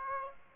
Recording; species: mosquito wingbeat signal from an infrared sensor; Aedes aegypti